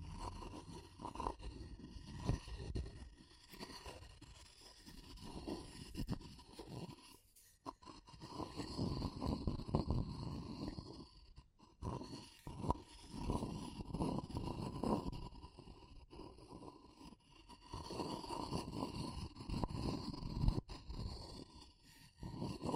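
Wood, bamboo and straw being handled, with dense rustling and scraping that comes in uneven bursts. Crackly, brushing textures fill the low and middle range, broken by brief pauses near 7, 11 and 17 seconds, while a faint steady tone hums underneath throughout.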